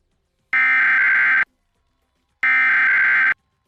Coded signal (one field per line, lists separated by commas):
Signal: Emergency Alert System (SAME) tones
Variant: header bursts